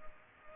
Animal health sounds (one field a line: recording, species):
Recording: mosquito wingbeat signal from an infrared sensor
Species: Culex pipiens